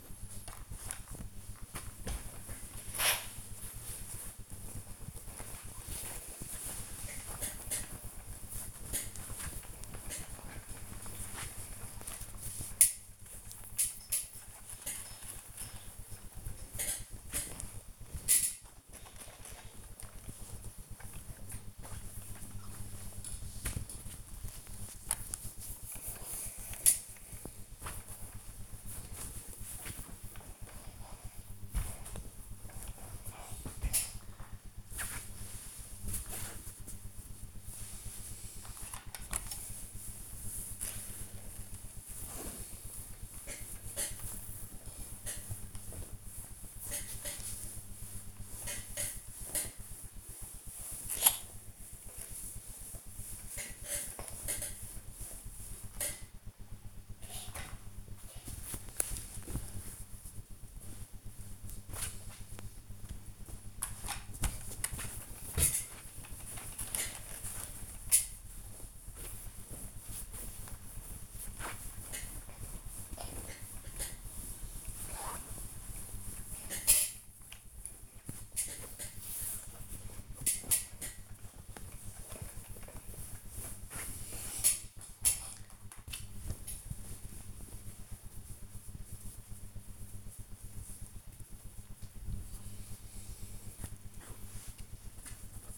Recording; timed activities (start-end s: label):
household activities, microphone on the right wrist
1.94-95.78 s: ironing laundry